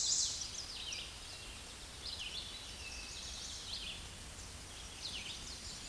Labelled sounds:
Red-eyed Vireo song
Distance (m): 30 m
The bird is about 10 m above the microphone
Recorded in a Pennsylvania forest on 16 May 2024 at 07:58
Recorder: AudioMoth, point MSD-0475
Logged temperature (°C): 12.3 °C
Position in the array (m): 149 m, 28 m

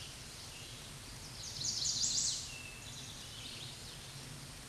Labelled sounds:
Chestnut-sided Warbler song
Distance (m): 25 m
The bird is about level with the microphone
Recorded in a Pennsylvania forest on 16 May 2024 at 07:05
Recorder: AudioMoth, point MSD-0475
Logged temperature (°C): 12.3 °C
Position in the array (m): 123 m, 5 m

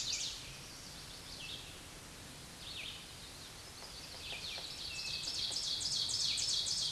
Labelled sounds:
Ovenbird song
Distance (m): 15 m
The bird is about 5 m above the microphone
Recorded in a Pennsylvania forest on 16 May 2024 at 07:05
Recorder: AudioMoth, point MSD-2287
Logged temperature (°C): 11.2 °C
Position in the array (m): 147 m, 5 m

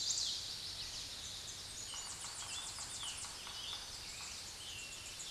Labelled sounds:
Tennessee Warbler song
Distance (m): 35 m
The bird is about 20 m above the microphone
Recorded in a Pennsylvania forest on 16 May 2024 at 06:13
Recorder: AudioMoth, point MSD-2131
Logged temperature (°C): 14.8 °C
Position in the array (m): 35 m, 55 m

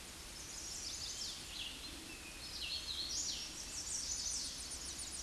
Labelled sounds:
Hooded Warbler song
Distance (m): 25 m
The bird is about 5 m above the microphone
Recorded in a Pennsylvania forest on 16 May 2024 at 08:26
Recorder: AudioMoth, point MSD-0079
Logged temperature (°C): 16.1 °C
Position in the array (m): 142 m, 58 m

